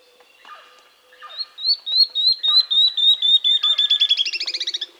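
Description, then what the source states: Tawny-throated leaftosser singing a high, accelerating run of sharp notes that drifts lower in pitch, with softer lower chirps and a brief low note near the end. South America.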